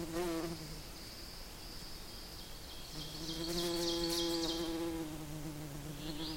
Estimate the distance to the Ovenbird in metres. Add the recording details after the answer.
about 70 m. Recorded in boreal forest in Alberta, Canada, on 8 June 2016 at 08:11. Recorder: SongMeter 3, array SBT-3-9. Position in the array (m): 179 m, 32 m. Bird 34